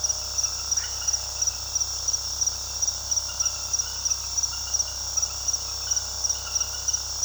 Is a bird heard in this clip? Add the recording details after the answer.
no. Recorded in pastures near Puerto Asís, Putumayo, Colombia, on 20 February 2024 at 21:30. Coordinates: 0.486, -76.323. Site G6462